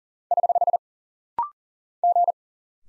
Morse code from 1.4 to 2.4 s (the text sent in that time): G